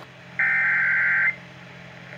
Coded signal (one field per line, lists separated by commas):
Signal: Emergency Alert System (SAME) tones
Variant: header bursts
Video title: I SAY DAVIDSON MONDAY NIGHT SEVERE T' STORMS SOUTHEASTERN TX EAS Alerts from 5/8/23 (EAS#240 & #260)